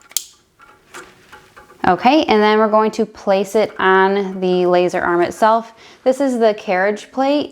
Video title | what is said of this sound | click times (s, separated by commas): I Reveal My 20 Best Selling Laser Cutting Projects + Unbox My Glowforge Pro | here and it's going to click right in so you should feel it click | 0.2 s